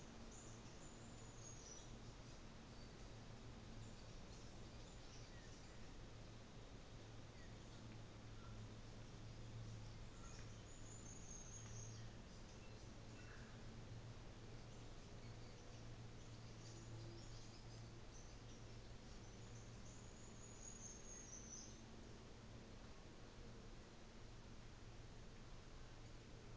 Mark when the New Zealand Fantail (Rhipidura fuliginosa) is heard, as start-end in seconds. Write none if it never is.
0.04-2.27, 3.47-5.88, 10.06-12.27, 16.29-21.92